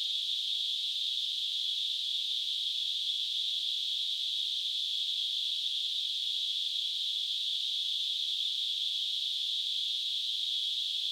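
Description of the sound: A steady, unbroken high-pitched hiss, a narrow band of noise, holds at constant loudness for about 11 seconds with no pauses. It is a simulated tinnitus sound, imitating the ringing or hissing perceived without any outside source.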